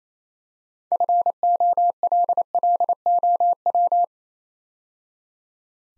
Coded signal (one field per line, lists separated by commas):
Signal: Morse code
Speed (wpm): 28 wpm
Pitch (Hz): 700 Hz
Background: none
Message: FOLLOW